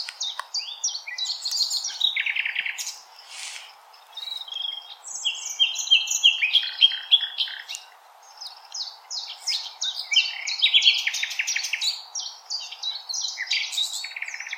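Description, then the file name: Common nightingale song: bursts of varied whistles, trills and rapid chattering notes, with brief pauses between phrases and a steady background hiss. Recorded 16 April 2021. "Nightingale-210416"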